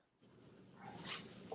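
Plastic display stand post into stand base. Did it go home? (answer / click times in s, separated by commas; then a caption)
no / none. Someone pushes the large part of a small plastic miniature display stand post into its plastic base, expecting it to click in. Only a low rustle and a faint, soft scrape are heard, with a brief tap near 1.5 seconds. Nothing has seated or clicked yet, and the stand fails to click in.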